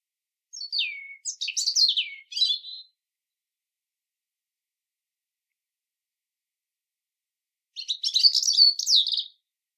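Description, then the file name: European robin song in two short phrases of high, thin warbling and trilled notes, separated by about five seconds of silence. "Erithacus rubecula"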